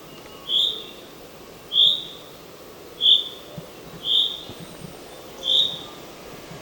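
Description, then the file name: Common chaffinch giving five short, high call notes about a second apart against a low, even background rumble. "Fringilla coelebs"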